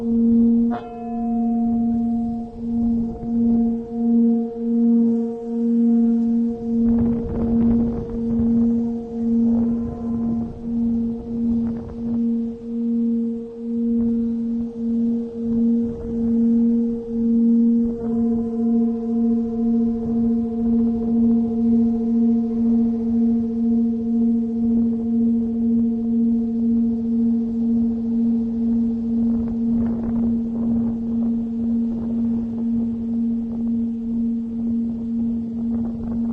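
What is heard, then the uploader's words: A Tibetan singing bowl rings with a steady, low hum near 230 and a fainter overtone above it, the tone pulsing in a slow, even wobble throughout. Fresh strikes land near the start and again around 18 seconds, with soft scrapes and bumps underneath. Tibetan Singiing Bowl のサウンドヒーリングチャンネル.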